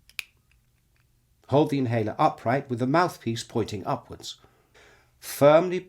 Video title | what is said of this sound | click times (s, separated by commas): How to Use a Breezhaler Inhaler | Close the inhaler by tilting the mouthpiece back until you hear a click. | 0.2 s